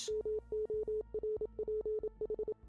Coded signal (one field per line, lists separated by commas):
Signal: Morse code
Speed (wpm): 27 wpm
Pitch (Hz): 430 Hz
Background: none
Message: MORPH